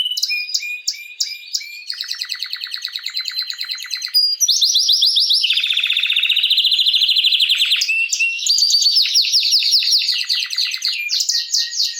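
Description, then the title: Canary song: continuous loud singing, clipped whistles giving way to rattling trills, rolling slurred phrases and high repeated notes, with barely any pause across twelve seconds. Belgian canary named Raiden, male singing a lot; used to warm up young birds. "Esquente Seu Filhote E Canario Belga Em 30 Minutos Macho Cantando Muito. Canrio Belga RAIDEN Cantando Muito - Esquente seu Canrio Belga"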